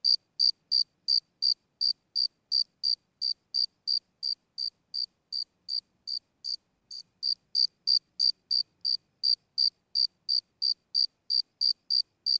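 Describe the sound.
Cricket giving a long, steady series of bright, high-pitched chirps at nearly three per second.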